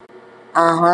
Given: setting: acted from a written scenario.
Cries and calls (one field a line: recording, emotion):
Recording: vocal sound without words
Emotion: contempt